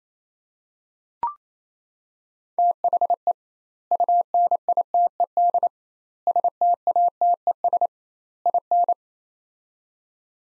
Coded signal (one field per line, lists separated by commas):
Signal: Morse code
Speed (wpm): 28 wpm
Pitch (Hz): 700 Hz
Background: none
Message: THE UNITED STATES IN